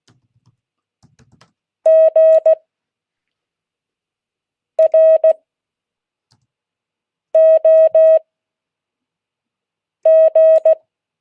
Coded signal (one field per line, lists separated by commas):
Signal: Morse code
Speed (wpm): 16 wpm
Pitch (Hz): 620 Hz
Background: none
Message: GROG